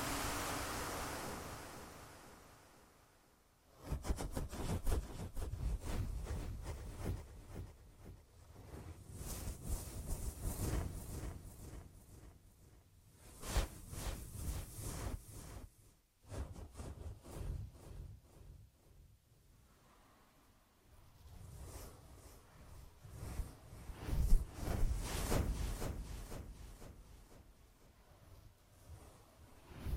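Ear massage sounds: after a soft hiss that fades out over the first four seconds, dense crackling rubs and scratches begin, rising and falling in slow waves. The rustling stops briefly near 16 and 20 seconds, then swells again with a sharper burst around 24 seconds.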